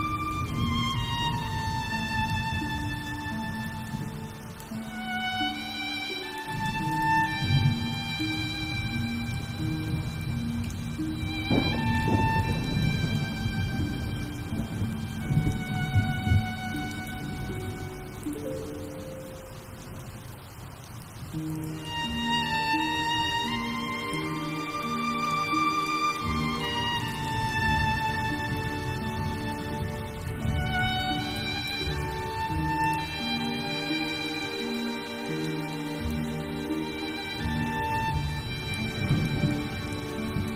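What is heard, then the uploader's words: An original soundtrack piece plays over rain, built from long held tones that shift slowly from chord to chord, with some notes bending and gliding after the midpoint. A deep, rumbling low layer runs beneath throughout, thinning briefly around twenty seconds. Original sound tracks with rain.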